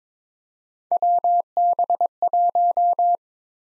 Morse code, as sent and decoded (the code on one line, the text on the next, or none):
.-- -... .----
WB1